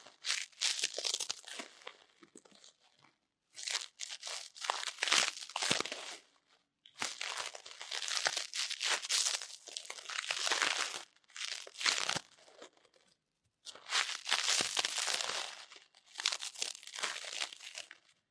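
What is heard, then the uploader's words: Crackling and rustling from ear cleaning, heard in four bursts of a few seconds each with short silent gaps around 3, 7, 11 and 13 seconds. The sound is crisp and bright, dense with fine crinkling, with nothing else behind it. 台灣ASMR | 掏穿你的耳朵 | 耳掃除 | Ear Cleaning | NO Talking.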